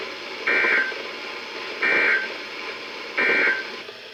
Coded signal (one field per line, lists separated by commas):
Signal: Emergency Alert System (SAME) tones